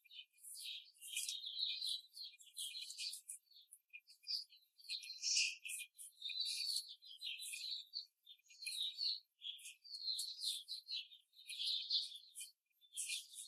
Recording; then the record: young laying hens in a cage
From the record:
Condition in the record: control cage, before the stress test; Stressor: none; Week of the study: 4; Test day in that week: 3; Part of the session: 1